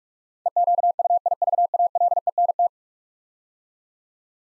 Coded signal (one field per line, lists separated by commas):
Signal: Morse code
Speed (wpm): 46 wpm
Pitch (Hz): 700 Hz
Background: none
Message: EQUIVALENT